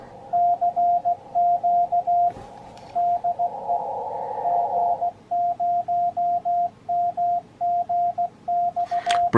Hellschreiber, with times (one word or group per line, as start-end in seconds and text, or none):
none